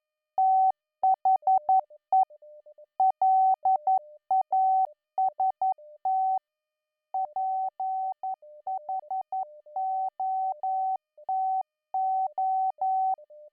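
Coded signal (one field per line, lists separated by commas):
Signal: Morse code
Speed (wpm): 11 wpm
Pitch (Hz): 760 Hz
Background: music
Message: THE LAST PHOTO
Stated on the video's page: Graded Morse training, 10 to 12wpm, for subconscious learning, with simulated interference, local oscillator drift and signal strength variation.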